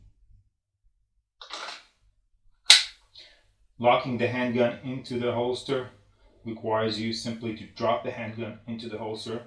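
A handgun is dropped into a polymer OWB holster with passive trigger-guard retention tabs, and a loud, sharp click at 2.7 s marks the tabs snapping into place, with a softer rustle just before it. The gun is seated, and afterward someone talks.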